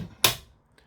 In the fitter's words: click that means that the telly is locked in